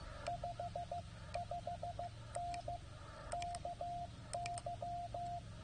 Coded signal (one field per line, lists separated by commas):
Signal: Morse code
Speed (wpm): 17 wpm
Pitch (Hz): 690 Hz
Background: radio noise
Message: 55N KY